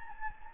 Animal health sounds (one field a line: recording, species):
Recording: mosquito wingbeat signal from an infrared sensor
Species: Anopheles gambiae